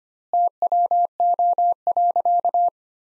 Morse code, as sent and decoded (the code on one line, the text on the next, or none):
- .-- --- .-.-.-
TWO.